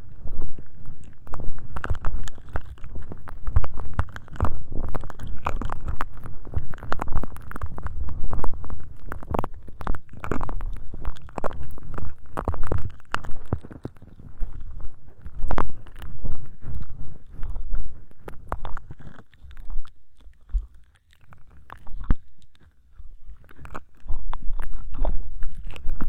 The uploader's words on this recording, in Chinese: 触发音 ‘湿棉棒+耳镜+牙签+抓猫耳朵’。